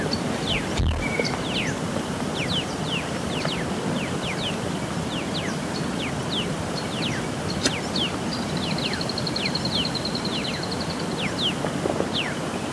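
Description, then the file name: Black-chested mountain tanager calls, a busy stream of thin descending notes from several birds; a buzzy high trill joins midway, with constant rushing noise. "Buthraupis eximia - Black-chested Mountain Tanager"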